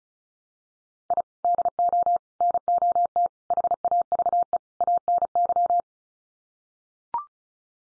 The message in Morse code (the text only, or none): I DO NOT HAVE ANY